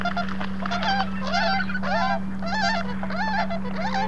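Bewick's swan calls, a flock giving soft, wavering bugling notes that overlap, about one or two calls a second, over a steady low hum.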